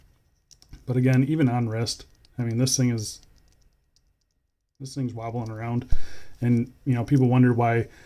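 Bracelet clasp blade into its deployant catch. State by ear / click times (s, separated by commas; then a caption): seated / 0.5 s, 0.6 s. The stamped steel deployant clasp on the bracelet of an AddiesDive AD2112 watch is lined up and its clasp blade pressed into the deployant catch, giving two quick sharp clicks at 0.5 s and 0.6 s as it latches shut. It seats properly because it was aligned first; when misaligned it often fails to latch. Someone then talks, with a few faint ticks in a pause around 3.4–4.0 s.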